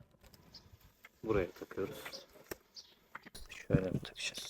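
An 18 V battery pack is handled at the battery slot of an Einhell GC-CT 18/24 Li cordless grass trimmer while someone talks, with a few short taps and knocks, the sharpest around 2.5 s and 3.2–3.4 s. The clip ends before the pack goes home, so nothing has seated or clicked yet.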